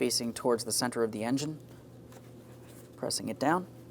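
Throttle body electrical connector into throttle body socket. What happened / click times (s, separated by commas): The connector is being pressed but has not clicked home yet / none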